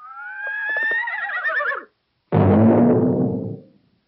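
A horse whinnies in a long, quavering, high-pitched call lasting about two seconds, then after a short pause gives a loud, rough, breathy snort. No one speaks.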